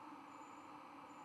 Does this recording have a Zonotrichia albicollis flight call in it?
no